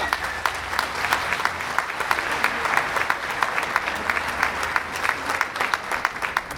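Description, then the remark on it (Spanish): A crowd at a congress applauds a speaker from the Yaqui people, many hands clapping in a dense, crackling wash of sound with sharp individual claps standing out, holding an even loudness throughout without any voices. “Un fuerte aplauso para él, por favor.”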